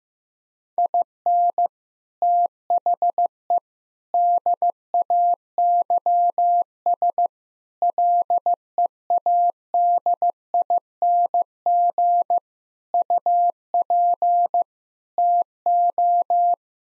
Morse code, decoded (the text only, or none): IN THE DAYS LEADING UP TO